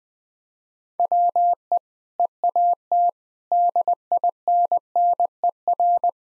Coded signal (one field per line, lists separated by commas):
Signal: Morse code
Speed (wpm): 21 wpm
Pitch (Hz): 700 Hz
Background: none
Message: WE EAT DINNER